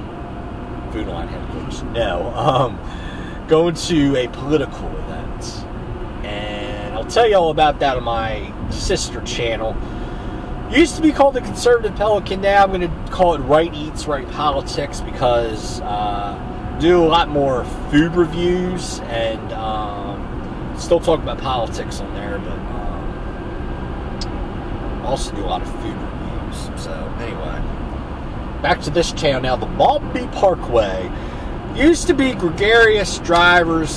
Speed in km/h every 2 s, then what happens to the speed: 72, 72, 72, 72, 74, 76, 74, 76, 77, 79, 81, 82, 84, 85, 84, 84, 85.
0-13 steady at about 72. 13-25 speeds up to 85. 25-34 steady at about 84.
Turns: none.